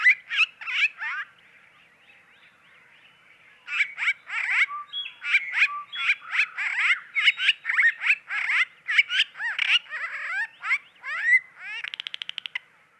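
Barn swallow song, a bright twittering warble of squeaky chirps and slurred notes, pausing about two seconds, then resuming and ending in a fast buzzy rattle.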